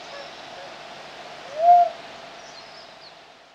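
Philippine cuckoo-dove giving a single soft, rising hooted note, midway, against a quiet hiss of background.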